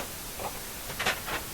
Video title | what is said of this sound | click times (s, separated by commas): CHARTER BUS RV CONVERSION AMAZING 1965 GM | Click click, and they open again. | 1.0 s